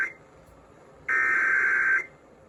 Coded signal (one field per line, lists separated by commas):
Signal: Emergency Alert System (SAME) tones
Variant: header bursts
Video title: SLIGHTSANITY 6: PDS SLIGHT - EAS Alerts From 4/11/24 (EAS #1596-1611)